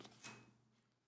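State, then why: Seated. An interchangeable lens is lined up by its orange dots with the body mount of a Fujifilm X-S10 camera and given a twist until it locks into place. A soft click is heard at 0.0 s, followed by a brief broadband rustle around 0.25 s that fades out. The lens is seated on the camera.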